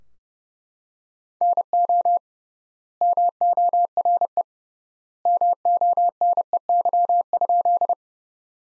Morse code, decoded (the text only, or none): NO MORE MONEY?